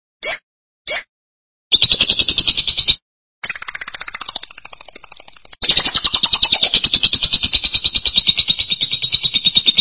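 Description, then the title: Lovebird calls: two short sharp chirps, then bursts of fast, harsh, high chattering that runs on steadily to the end. "BM Suara Burung Lovebird"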